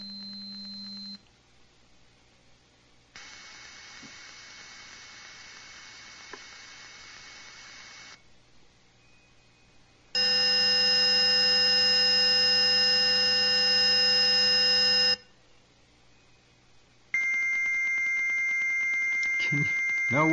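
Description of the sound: Four successive blocks of steady high-pitched tones and hissing noise, separated by short pauses, simulating a range of identified tinnitus frequencies and waveforms produced by a device.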